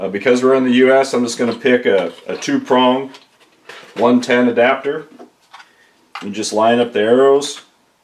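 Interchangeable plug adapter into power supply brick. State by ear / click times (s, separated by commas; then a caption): not seated / none. Someone talks while handling a two-prong US plug adapter, lining it up by its arrows with the plastic AC power supply of an RCBS ChargeMaster Lite powder dispenser, with a brief handling sound near 5.5 s. The adapter has not yet snapped into place; nothing has seated or clicked by the end of the clip.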